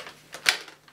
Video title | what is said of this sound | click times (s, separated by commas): Shark Rocket NV480 True Pet Upright Vacuum Cleaner Unboxing, Assembly & First Look | Push it down until it clicks. | 0.5 s